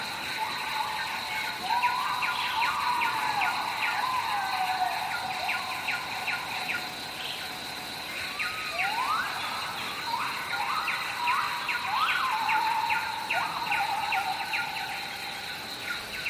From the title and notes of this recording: This episode of the White Noise Podcast is JUNGLE SOUNDS.